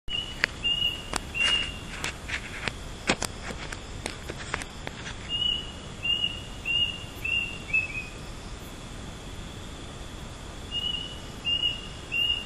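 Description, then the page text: Bird calling with short, high whistled notes, often paired, in several bouts separated by pauses, over rustling and clicking handling noises in the first half. Unidentified bird calling at midnight in Penang, stopping at exactly 4:30 am; recorded on a voice recorder; some rustling handling noise. "真夜中に鳴くなぞの鳥. ゴーデンどんぶり＠ペナン"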